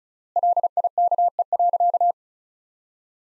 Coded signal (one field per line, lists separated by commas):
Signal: Morse code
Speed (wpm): 36 wpm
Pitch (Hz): 700 Hz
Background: none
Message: LIKE.